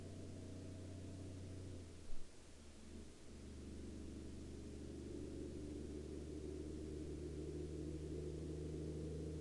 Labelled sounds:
truck
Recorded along the Dempster Highway, Canada, on 17 March 2020 at 18:16
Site 11

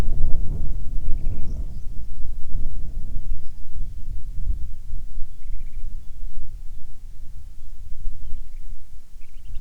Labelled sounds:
songbird
wind
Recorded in the Arctic National Wildlife Refuge, Alaska, on 9 July 2019 at 21:32
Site 48

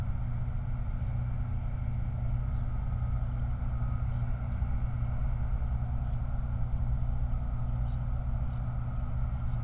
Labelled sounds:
songbird
truck
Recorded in the Prudhoe Bay oil fields, Alaska, on 29 July 2019 at 03:56
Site 29

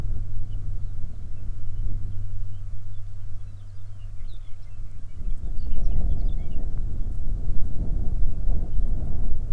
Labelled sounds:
songbird
wind
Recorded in the Arctic National Wildlife Refuge, Alaska, on 20 May 2019 at 12:01
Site 38

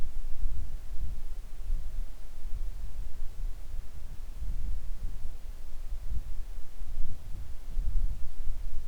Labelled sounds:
near silence
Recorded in the Arctic National Wildlife Refuge, Alaska, on 3 August 2019 at 10:44
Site 41

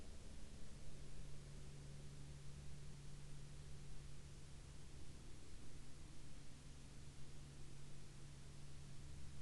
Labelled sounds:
aircraft
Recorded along the Dalton Highway, Alaska, on 10 April 2019 at 15:05
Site 10

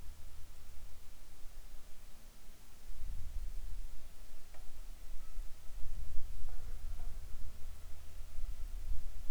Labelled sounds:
wind
insects
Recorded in the Arctic National Wildlife Refuge, Alaska, on 7 July 2019 at 19:34
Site 41

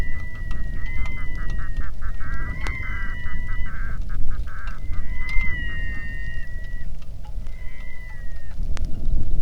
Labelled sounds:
waterfowl
loon
wind
rain
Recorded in the Arctic National Wildlife Refuge, Alaska, on 3 August 2019 at 09:52
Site 46

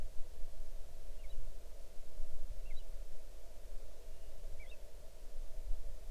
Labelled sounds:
bird
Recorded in the Arctic National Wildlife Refuge, Alaska, on 6 July 2019 at 00:49
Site 39

